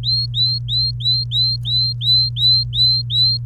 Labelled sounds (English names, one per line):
Domestic Canary song